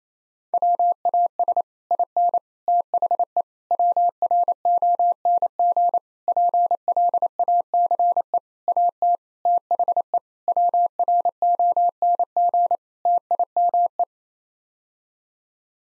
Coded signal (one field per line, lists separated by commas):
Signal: Morse code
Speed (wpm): 28 wpm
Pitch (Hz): 700 Hz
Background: none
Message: WAS IN THE WRONG PLACE AT THE WRONG TIME